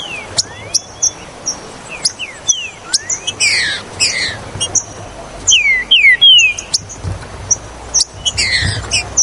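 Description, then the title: Green-winged saltator song with clear slurred whistles, some rising and some falling, in short runs, mixed with sharp ticks and high chirps throughout. "Trinca Ferro Ao Maximo Trinca Ferro"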